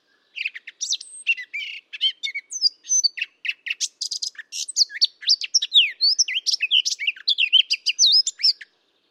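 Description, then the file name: Eurasian blackcap song: a continuous, hurried warble of chirps, rising and falling whistles and scratchy notes lasting about eight seconds. "Sylvia atricapilla"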